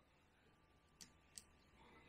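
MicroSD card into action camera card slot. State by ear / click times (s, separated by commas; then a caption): seated / 1.0 s, 1.4 s. A microSD card is pushed into the spring-loaded card slot of an Insta360 One RS action camera until it locks in place. Two sharp ticks sound at 1.0 s and 1.4 s over a quiet background, and the card is seated.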